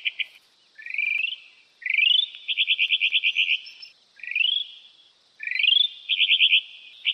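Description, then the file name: Mockingbird song: upward-sweeping whistles followed by fast pulsed trills, repeated in a steady pattern, with faint high hiss behind. "mockingbird ekorpanjang"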